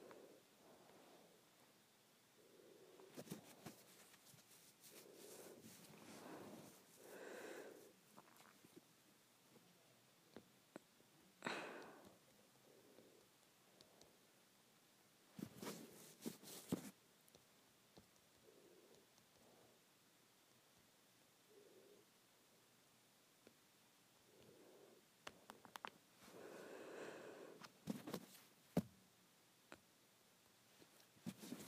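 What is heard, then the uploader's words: Hands play with hair, making soft, intermittent rustles and brushing strokes separated by near-quiet pauses. Sharper, brighter swishes come around 3, 11, 16 and 26 seconds, with a few small clicks and taps between them. ASMR Hair Play.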